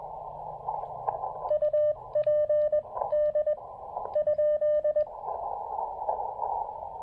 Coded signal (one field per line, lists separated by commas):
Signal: Morse code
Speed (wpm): 20 wpm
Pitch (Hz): 590 Hz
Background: radio noise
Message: UP D?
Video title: Getting to Know You: The Elecraft KX2 QRP Field Transceiver--my thoughts and a POTA activation!